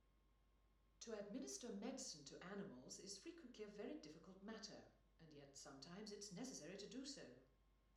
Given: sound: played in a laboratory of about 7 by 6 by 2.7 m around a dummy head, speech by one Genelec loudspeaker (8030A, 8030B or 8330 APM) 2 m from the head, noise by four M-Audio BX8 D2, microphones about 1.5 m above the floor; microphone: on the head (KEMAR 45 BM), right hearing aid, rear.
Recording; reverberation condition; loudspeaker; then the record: female speech in English; medium; 150 degrees to the right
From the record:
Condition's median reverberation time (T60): about 510 ms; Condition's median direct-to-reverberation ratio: about -0.5 dB